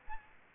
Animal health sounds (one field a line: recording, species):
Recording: mosquito wingbeat signal from an infrared sensor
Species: Aedes aegypti